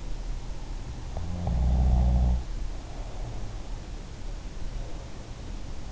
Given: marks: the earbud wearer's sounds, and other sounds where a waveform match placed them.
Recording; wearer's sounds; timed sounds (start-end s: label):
sounds in sleep by an in-ear microphone; snoring breath
1.12-3.49 s: snoring breath